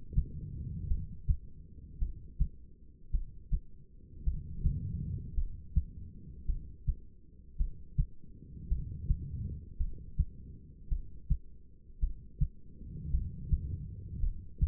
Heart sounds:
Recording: heart sounds by stethoscope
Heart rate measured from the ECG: 54 bpm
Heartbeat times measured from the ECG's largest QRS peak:
0.87 s: heartbeat
1.98 s: heartbeat
3.10 s: heartbeat
4.23 s: heartbeat
5.34 s: heartbeat
6.45 s: heartbeat
7.57 s: heartbeat
8.68 s: heartbeat
9.77 s: heartbeat
10.88 s: heartbeat
11.99 s: heartbeat
13.10 s: heartbeat
14.20 s: heartbeat
From the record:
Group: heart failure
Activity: rest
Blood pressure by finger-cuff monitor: 74/57 mmHg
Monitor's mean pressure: 64 mmHg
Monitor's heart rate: 53 bpm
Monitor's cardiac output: 2.6 L/min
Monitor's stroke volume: 49 mL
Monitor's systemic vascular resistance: 1730 dyn s/cm5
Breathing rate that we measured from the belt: 14 breaths a minute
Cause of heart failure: non-ischemic cardiomyopathy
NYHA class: 1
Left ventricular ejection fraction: 52%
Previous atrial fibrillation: present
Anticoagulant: apixaban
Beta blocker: bisoprolol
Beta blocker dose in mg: 10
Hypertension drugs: sacubitril-valsartan, spironolactone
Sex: female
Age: 68 years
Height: 169 cm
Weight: 71 kg

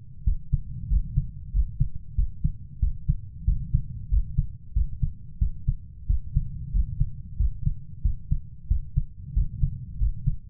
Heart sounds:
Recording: heart sounds by stethoscope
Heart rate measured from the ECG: 92 bpm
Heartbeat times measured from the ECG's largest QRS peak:
0.27 s: heartbeat
0.91 s: heartbeat
1.54 s: heartbeat
2.18 s: heartbeat
2.82 s: heartbeat
3.48 s: heartbeat
4.12 s: heartbeat
4.76 s: heartbeat
5.41 s: heartbeat
6.09 s: heartbeat
6.74 s: heartbeat
7.40 s: heartbeat
8.05 s: heartbeat
8.70 s: heartbeat
9.36 s: heartbeat
10.01 s: heartbeat
From the record:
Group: healthy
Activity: rest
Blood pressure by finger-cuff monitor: 142/73 mmHg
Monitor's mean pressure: 91 mmHg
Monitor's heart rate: 94 bpm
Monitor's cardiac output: 8.4 L/min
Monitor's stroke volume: 89 mL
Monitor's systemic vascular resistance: 790 dyn s/cm5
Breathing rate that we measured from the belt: 21 breaths a minute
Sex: male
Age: 21 years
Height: 175 cm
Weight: 72.6 kg

